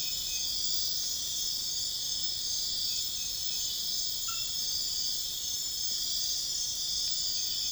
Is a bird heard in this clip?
no